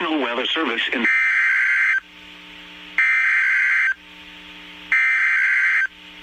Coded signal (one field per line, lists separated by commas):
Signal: Emergency Alert System (SAME) tones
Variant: header bursts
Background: speech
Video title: Texas Severe Weather Outbreak 3/14/2022- My Stream Captures (EAS#313-321)